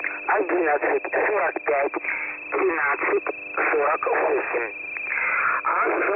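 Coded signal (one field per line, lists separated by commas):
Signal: coded military voice message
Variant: The Pip, Russian voice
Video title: The Pip voice message (December 23, 2020 11:50 UTC)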